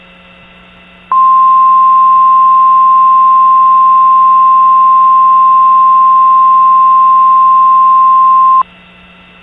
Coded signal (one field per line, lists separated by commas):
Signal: Emergency Alert System (SAME) tones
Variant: 1050 Hz attention tone